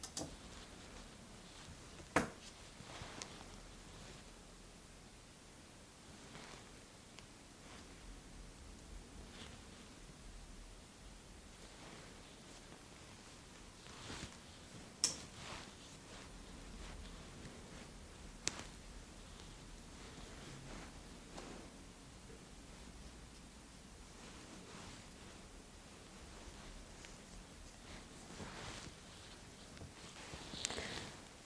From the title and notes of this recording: Insanely Stimulating Eyebrow & Beard Measuring, Trimming, Massage. Scissors, fabric rustling, head massaging.